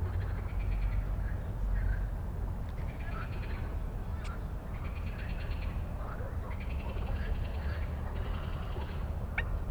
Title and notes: Stromovka Park, Prague - Frog concert at Stromovka after dark. Wracaliśmy przez park Stromovka do domu. Już z daleka słyszałem, że gdzieś blisko jest gęsto od żab i dają wieczorny koncert. 2022/05/18. 22:08